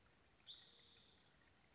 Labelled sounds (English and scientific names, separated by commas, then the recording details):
Spotted Towhee (Pipilo maculatus)
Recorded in Sonoma County, California